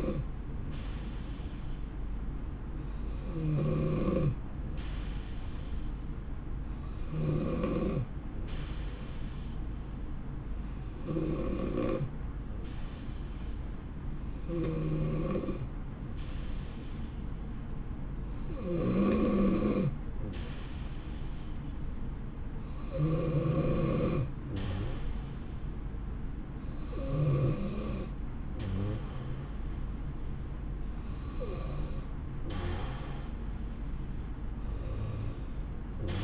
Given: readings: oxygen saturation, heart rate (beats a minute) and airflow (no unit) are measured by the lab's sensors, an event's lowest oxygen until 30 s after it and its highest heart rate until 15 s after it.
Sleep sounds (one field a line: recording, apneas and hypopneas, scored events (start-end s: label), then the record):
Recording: breathing in sleep by a smartphone at the bedside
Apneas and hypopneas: none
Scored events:
none scored
From the record:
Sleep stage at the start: N2 (light sleep)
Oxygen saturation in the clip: 89 to 91%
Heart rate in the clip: 65 to 77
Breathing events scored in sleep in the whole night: 160 in 9.3 hours asleep